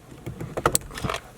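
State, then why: Seated. A square USB adapter cable connector is pushed into a tight plastic retaining clip in the dash of a 2017-20 Honda CR-V during an Apple CarPlay install. A few plastic scrapes and taps lead to a sharp click at 0.7 s and a louder click at 0.8 s, followed by softer handling rattles. The connector is seated and installed properly.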